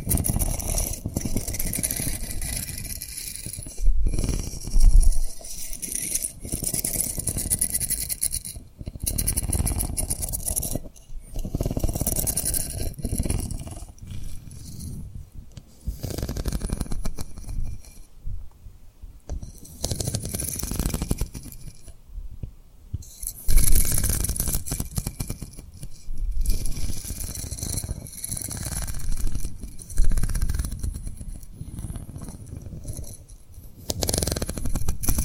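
Tapping and rubbing on rhinestones, with soft mouth sounds mixed in. Dense, crackly scratching and clicking run throughout, bright and uneven in strength, broken by short pauses and louder bursts around five seconds and again near twenty-three seconds.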